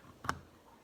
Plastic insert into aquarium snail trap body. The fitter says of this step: This snaps into place,